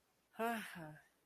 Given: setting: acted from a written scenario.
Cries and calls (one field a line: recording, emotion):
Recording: vocal sound without words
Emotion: contentment